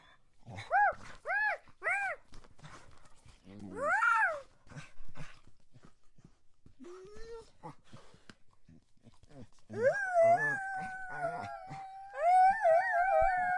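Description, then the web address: Dog whimpering in a few short, arched yelps, then a rising whine, and finally long, steady whines. Dog begging. "DOGZ 1 breed dog-begs"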